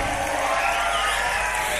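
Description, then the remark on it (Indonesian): A large crowd at the Dangdut Never Dies show in Ngawi applauds and cheers, a dense, steady roar of clapping mixed with shouting voices that stays loud and even for the whole two seconds. “boleh minta tepuk tangan yang lebih meriah lagi, Ngawi?”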